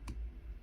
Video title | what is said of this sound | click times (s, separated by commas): How to assemble a Vlogging Setup using a cellphone, a gopro8 and a standard camera in 2021 | sure that uh you will hear the click sound to make sure that it is the | 0.1 s